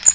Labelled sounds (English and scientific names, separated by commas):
Blackpoll Warbler (Setophaga striata) flight call